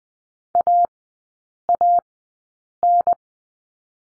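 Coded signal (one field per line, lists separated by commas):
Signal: Morse code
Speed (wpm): 20 wpm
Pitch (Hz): 700 Hz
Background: none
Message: AAN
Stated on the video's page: Morse code course lesson drill on letter N, three-character groups, Farnsworth speed 20/10 wpm.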